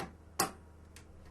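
The first RAM memory stick is pushed down with two fingers on its ends into a motherboard DIMM memory slot. A sharp click at 0.4 s marks the slot latches snapping shut, with a fainter tick near 1.0 s. The module is seated in the slot.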